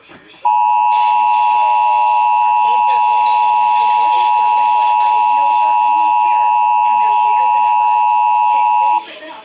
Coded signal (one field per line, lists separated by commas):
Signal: Emergency Alert System (SAME) tones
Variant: 853 and 960 Hz attention tone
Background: speech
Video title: NOVEMBER'S TEST... EAS Test Alerts From 11/4/25 - 11/26/25 (EAS#4,952 - 4,982)